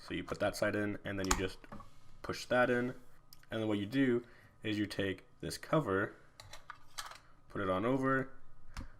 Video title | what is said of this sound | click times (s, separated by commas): PowerA xbox one controller charging station review! | down and then push back and it clicks into place and as you can see it is now plugged | 8.8 s